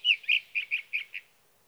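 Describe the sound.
Sage thrasher song fragment, six short warbled notes in quick succession, the first loudest, then fading.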